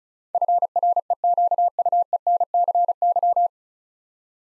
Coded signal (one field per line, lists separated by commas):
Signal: Morse code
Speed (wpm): 36 wpm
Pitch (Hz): 700 Hz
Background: none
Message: FREQUENCY